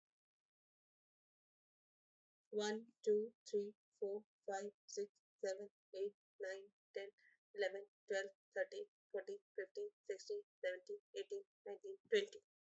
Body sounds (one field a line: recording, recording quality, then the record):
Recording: counting at a fast pace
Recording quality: excellent, no background noise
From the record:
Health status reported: healthy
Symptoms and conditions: none ticked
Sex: female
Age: 33 years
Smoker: not ticked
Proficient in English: yes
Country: India